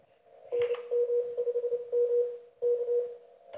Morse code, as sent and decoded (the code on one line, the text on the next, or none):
-. -- ..... -- / -.-
NM5M K